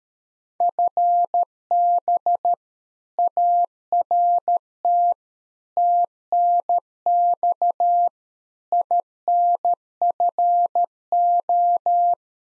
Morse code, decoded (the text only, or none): FB ART TNX INFO